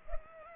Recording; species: mosquito wingbeat signal from an infrared sensor; Culex pipiens